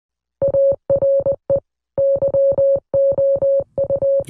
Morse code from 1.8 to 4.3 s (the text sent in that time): YOU